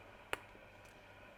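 A piston converter is pushed onto a fountain pen's grip section and clicks into place at 0.3 seconds, a short sharp click over quiet background noise. The converter is confirmed seated, and a fainter tick follows at the very end.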